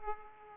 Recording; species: mosquito wingbeat signal from an infrared sensor; Aedes aegypti